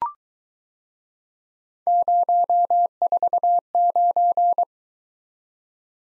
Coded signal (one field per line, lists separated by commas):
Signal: Morse code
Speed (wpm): 23 wpm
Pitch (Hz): 700 Hz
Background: none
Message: 049